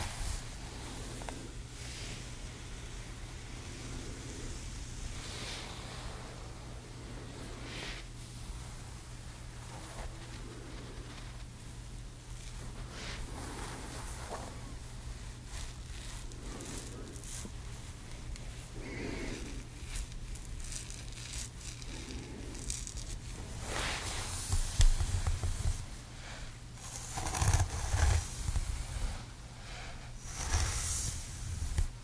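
Gentle hair styling, set over a steady low hum that runs the whole way through. Soft brushing and rustling strokes come every second or two, and louder, sharper handling sounds gather in the final seven seconds.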